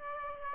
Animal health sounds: mosquito wingbeat signal from an infrared sensor; Aedes aegypti

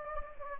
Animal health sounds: mosquito wingbeat signal from an infrared sensor; Anopheles gambiae

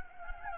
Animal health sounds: mosquito wingbeat signal from an infrared sensor; Anopheles gambiae

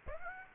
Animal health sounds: mosquito wingbeat signal from an infrared sensor; Aedes aegypti

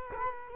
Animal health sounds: mosquito wingbeat signal from an infrared sensor; Culex quinquefasciatus

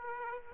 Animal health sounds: mosquito wingbeat signal from an infrared sensor; Aedes aegypti

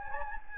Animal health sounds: mosquito wingbeat signal from an infrared sensor; Anopheles gambiae

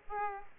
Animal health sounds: mosquito wingbeat signal from an infrared sensor; Aedes aegypti

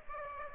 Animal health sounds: mosquito wingbeat signal from an infrared sensor; Aedes aegypti

